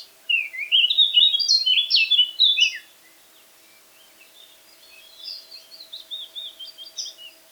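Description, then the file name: Eurasian blackcap song: an energetic, varied warbling phrase lasting over two seconds, followed by a quieter, softer twittering phrase. "Sylvia atricapilla"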